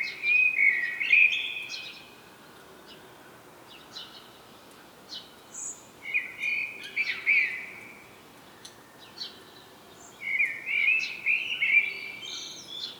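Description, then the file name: Common blackbird giving three short, low, fluty warbled phrases a few seconds apart, with scattered faint high chirps in between. "Turdus merula"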